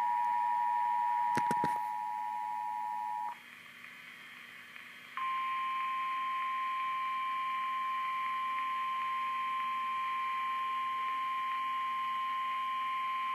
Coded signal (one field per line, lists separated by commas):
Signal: Emergency Alert System (SAME) tones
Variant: 853 and 960 Hz attention tone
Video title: EAS 885 SMW NWS Ruskin